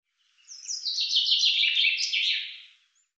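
Common chaffinch singing one fast, descending trill of crisp repeated notes, finishing with a brief flourish.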